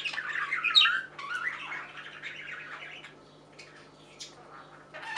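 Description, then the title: Budgerigar chattering: a loud, dense run of warbling, scratchy notes at the start, then softer twittering fading out with faint scattered chirps. "Budgie Sounds"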